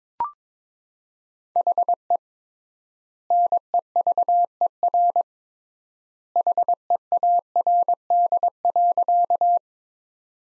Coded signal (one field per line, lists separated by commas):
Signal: Morse code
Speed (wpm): 22 wpm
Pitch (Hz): 700 Hz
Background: none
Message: HE NEVER HEARD.